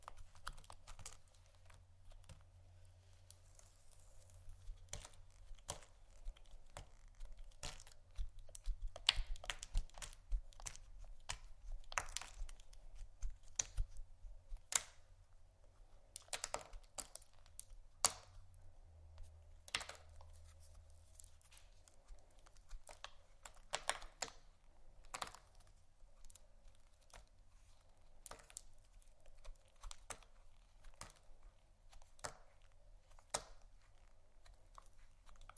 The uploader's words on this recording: ASMR Soap & Candle Carving （No Talking）.